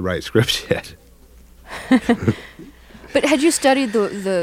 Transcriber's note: laughter